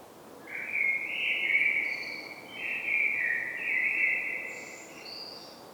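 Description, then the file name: Common blackbird singing a continuous string of rich fluted warbling notes, ending with a few soft, high, scratchy twitters. "Turdus merula"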